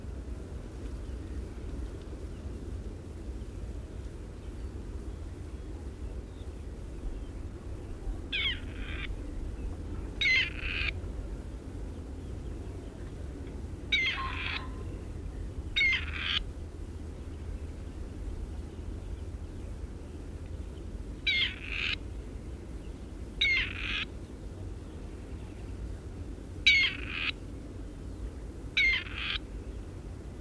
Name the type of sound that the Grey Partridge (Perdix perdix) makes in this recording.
call